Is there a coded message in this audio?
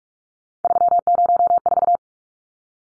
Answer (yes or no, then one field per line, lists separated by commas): yes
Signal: Morse code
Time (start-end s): 0.6-2.0 s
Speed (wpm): 44 wpm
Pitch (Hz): 700 Hz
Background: none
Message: 304